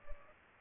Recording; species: mosquito wingbeat signal from an infrared sensor; Culex pipiens